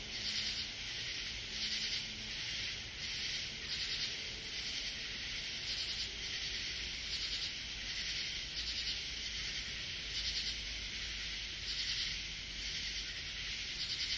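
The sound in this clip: Katydid calling with dry scratchy rasps repeated many times over continuous shrill insect noise.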